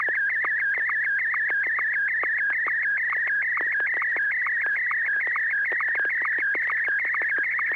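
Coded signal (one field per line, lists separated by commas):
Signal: SSTV (slow-scan television)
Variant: Martin 1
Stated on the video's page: SSTV net on an FM repeater on 441.300 MHz.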